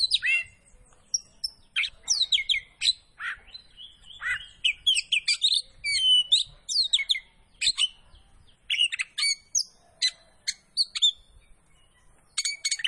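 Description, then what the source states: Oriental magpie-robin song of quick chirps, slurred whistles and sharp clicks in uneven runs, over a soft low background rumble. Kacer poci variety, singing vigorously (gacor).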